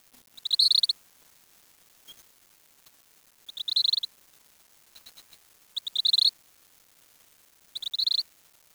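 Bird calls in short, rapid, high-pitched pulsed trills, each burst under a second, repeated about every two to three seconds, with a few fainter bursts between.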